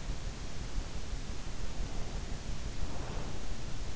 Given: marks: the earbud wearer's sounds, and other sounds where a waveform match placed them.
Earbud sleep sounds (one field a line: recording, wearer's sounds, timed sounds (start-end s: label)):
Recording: sounds in sleep by an in-ear microphone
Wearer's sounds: breath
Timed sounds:
1.69-3.54 s: breath